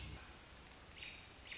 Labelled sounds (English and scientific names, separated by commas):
American Robin (Turdus migratorius)